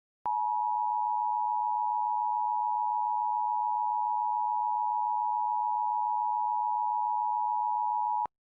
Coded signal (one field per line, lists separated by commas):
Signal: Emergency Alert System (SAME) tones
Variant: 853 and 960 Hz attention tone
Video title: EAS Request | Nuclear Disaster Is The Worst #18 (EAS Mock) *VALID TONES*